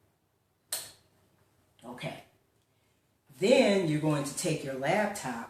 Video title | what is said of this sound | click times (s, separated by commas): Day 4 of Adjusting to the Remote Lifestyle -- Your Equipment? | you hear click ok | 0.7 s